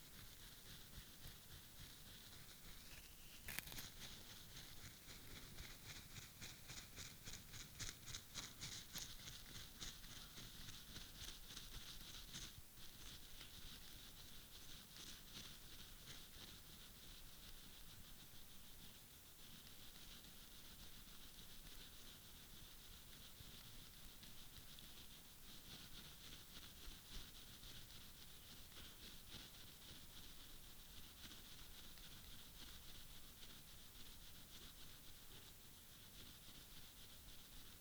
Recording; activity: daily activity, guitar pickup as the sensor; brush teeth